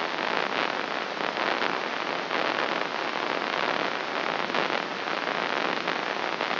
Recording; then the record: brain microelectrode recording played as sound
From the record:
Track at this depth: inside the subthalamic nucleus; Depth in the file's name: 4.717 mm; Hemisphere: left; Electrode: 3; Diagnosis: Parkinson's disease